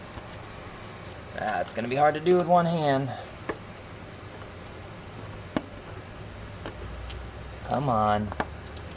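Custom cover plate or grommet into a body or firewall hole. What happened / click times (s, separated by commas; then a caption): The cover is being pushed into the hole but has not snapped home yet / none. During a Porsche 944 LS engine swap, a custom cover plate or grommet with a "323" marking is pushed one-handed into a hole in the body or firewall while someone talks. Short knocks and scrapes of handling sound at about 3.5, 5.6, 6.7, 7.1 and 8.8 seconds. Nothing has seated or clicked yet.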